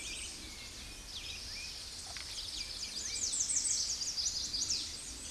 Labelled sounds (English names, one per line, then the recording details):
American Redstart song
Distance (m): 20 m
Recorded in a Pennsylvania forest on 16 May 2024 at 09:57
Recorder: AudioMoth, point MSD-0526
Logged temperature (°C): 16.6 °C
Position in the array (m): 105 m, 237 m